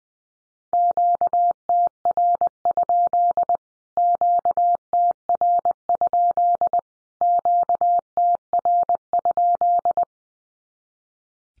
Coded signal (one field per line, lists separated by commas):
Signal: Morse code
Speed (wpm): 20 wpm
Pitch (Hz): 700 Hz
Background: none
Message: QTR? QTR? QTR?